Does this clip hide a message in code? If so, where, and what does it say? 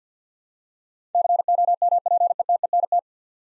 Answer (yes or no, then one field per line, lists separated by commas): yes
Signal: Morse code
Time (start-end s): 1.1-3.0 s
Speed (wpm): 51 wpm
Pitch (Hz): 700 Hz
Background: none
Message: COMPETENT